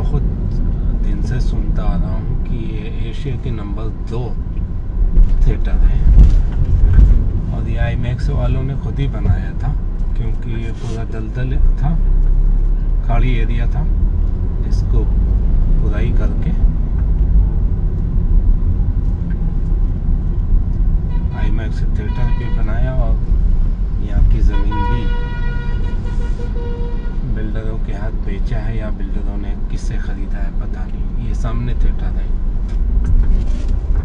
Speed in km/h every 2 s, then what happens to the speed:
20, 10, 9, 16, 9, 3, 10, 18, 18, 17, 14, 9, 9, 6, 6, 6, 9.
0-2 brakes to 10. 2-7 steady at about 10. 7-9 brakes to 3. 9-14 speeds up to 18. 14-26 slows to 6.